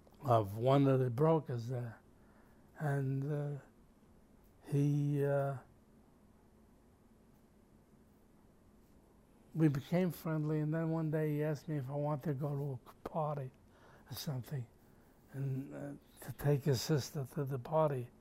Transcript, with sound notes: of one of the brokers there. And he [pause] we became friendly, and then one day he asked me if I wanted to go to a party or something, to take his sister to the party.